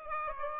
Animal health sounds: mosquito wingbeat signal from an infrared sensor; Aedes aegypti

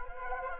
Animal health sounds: mosquito wingbeat signal from an infrared sensor; Anopheles arabiensis

